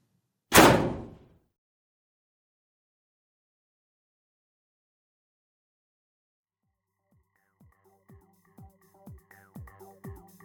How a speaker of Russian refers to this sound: Смотрю на номер и стучусь в железную дверь.